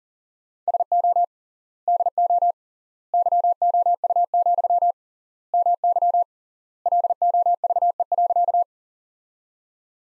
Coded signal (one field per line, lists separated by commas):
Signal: Morse code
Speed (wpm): 37 wpm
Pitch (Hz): 700 Hz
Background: none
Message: SO DO YOU, MY LOVE.